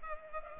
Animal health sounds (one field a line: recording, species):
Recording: mosquito wingbeat signal from an infrared sensor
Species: Culex pipiens